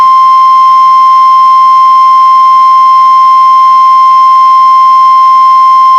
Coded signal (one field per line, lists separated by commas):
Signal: Emergency Alert System (SAME) tones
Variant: 1050 Hz attention tone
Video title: WHEN WBAP SCREWS UP... | EAS Alerts from 6/11/2023 (EAS #1911-1925)